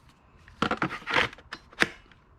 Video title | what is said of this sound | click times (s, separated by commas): Worx 20v Cordless Vacuum Cleaner | Locks in place, very easy, very nice. | 1.8 s